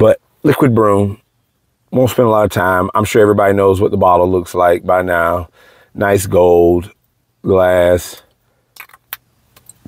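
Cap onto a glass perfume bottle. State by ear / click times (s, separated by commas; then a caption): seated / 9.1 s. A cap is put onto a gold glass perfume bottle and clicks into place at 9.1 seconds, seating but feeling less sturdy than the others. Someone talks for most of the clip, then a few small taps and clicks are heard after the speech stops.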